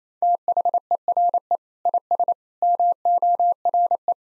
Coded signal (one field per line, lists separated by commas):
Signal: Morse code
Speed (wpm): 28 wpm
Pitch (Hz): 700 Hz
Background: none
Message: THERE IS MORE